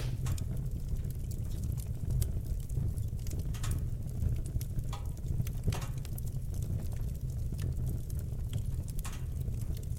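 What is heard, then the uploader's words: A fire crackles gently, with sharp pops and snaps scattered irregularly across the clip, a few louder ones standing out. Beneath them runs a steady, deep rumbling roar that stays constant throughout, keeping the overall level even. The gentle crackling and popping of the fire. Gentle, crackling fire sounds.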